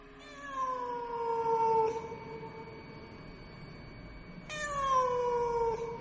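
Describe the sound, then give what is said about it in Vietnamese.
A cat, chased out through an opened window at night, lets out two long, drawn-out yowls, each one starting high and sliding slowly downward in pitch, separated by a few seconds of quiet. No one speaks. “Nó kêu lên một tiếng, rồi nhảy vọt ra ngoài cửa sổ, biến mất trong màn đêm, để lại những âm thanh cô liêu ghê rợn.”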